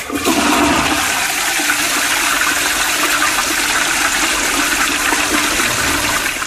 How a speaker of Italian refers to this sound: Per poi andare a finire nuovamente dentro il tuo sciacquone.